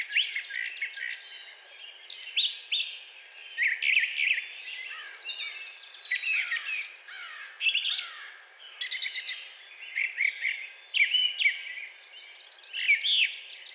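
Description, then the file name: Brown thrasher song, repeated bursts of rich chirps and short trills, each phrase changing, with a faint hiss underneath. Recorded on 4 June 2020. "2020-06-04 Brown Thrasher"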